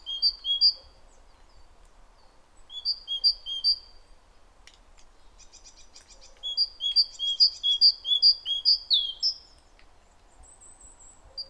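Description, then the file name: Great tit repeating high two-note phrases in short runs, with a brief dry rattling sound in the middle and a thin high whistle near the end. "Parus major"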